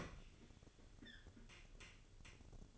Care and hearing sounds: daily activity, microphone in the room; open fridge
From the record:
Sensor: 4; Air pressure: 1008.6 hPa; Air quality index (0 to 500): 80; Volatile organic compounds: 1 ppm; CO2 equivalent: 647 ppm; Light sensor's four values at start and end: 14/32/13/13 and 12/28/11/12

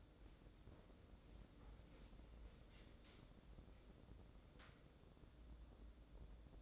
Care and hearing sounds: daily activity, microphone in the room; wipe stove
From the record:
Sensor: 3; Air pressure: 1012.3 hPa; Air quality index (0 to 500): 172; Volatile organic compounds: 3 ppm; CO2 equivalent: 1318 ppm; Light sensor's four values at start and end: 565/1401/578/587 and 560/1388/573/581

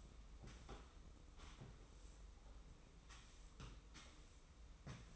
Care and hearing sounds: daily activity, microphone in the room; sweep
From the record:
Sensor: 1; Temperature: 25.3 degrees Celsius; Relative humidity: 44.0%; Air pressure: 990.5 hPa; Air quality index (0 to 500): 177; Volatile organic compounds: 1000 ppm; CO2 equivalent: 6527 ppm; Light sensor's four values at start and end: 29/67/29/31 and 29/67/28/31

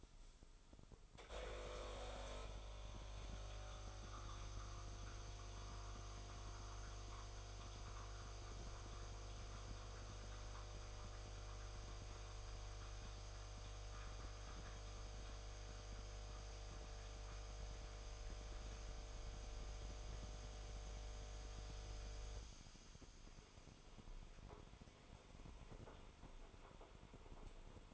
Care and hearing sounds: daily activity, microphone in the room; make coffee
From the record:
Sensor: 5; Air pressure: 988.6 hPa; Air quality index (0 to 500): 227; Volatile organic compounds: 154 ppm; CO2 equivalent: 4039 ppm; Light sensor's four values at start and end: 40/126/49/52 and 40/126/49/52

